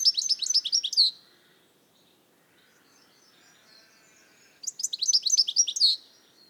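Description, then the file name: European goldfinch uttering two rapid bursts of sharp, tinkling twitter notes, separated by a quiet gap of a few seconds. "Carduelis carduelis"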